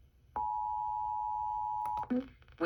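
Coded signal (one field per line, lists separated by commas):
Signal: Emergency Alert System (SAME) tones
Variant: 853 and 960 Hz attention tone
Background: speech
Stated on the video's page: Severe thunderstorm warning on 105.9 FM, relayed from a NOAA Weather Radio station, received about 20 miles from the transmitter on a Sangean HDR-15 radio.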